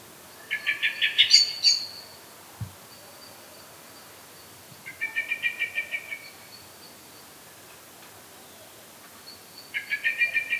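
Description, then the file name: Common blackbird chatter in three separate runs of quick, harsh clucking notes, with a thin high whistle drawn out between them. "Turdus merula"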